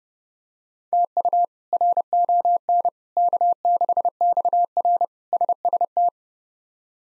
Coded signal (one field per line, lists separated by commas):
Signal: Morse code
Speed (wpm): 30 wpm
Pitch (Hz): 700 Hz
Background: none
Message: TU RON K6XR SST